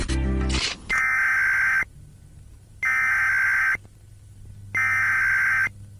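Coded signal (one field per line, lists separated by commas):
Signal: Emergency Alert System (SAME) tones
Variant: header bursts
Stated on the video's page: Remake of an alert made with Panzoid Clipmaker, containing valid alert tones.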